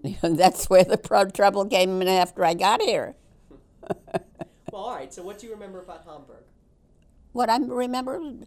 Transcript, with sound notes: That's where the trouble came in after I got here. ( she laughs )
Well, all right. So what do you remember about Hamburg?
What I remember?